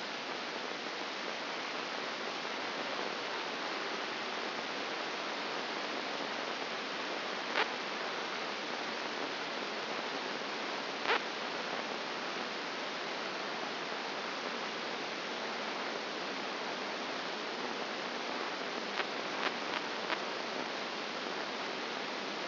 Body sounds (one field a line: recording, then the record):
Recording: brain microelectrode recording played as sound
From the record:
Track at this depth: outside the subthalamic nucleus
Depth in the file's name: 5.501 mm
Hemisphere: left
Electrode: 2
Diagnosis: Parkinson's disease